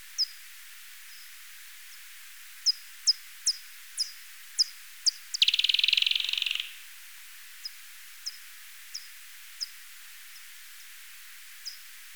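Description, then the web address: Japanese pipistrelle echolocation calls: short, sharply downward-sweeping pulses in irregular bursts, with a brief hissing noise burst midway through. "Pipistrellus abramus"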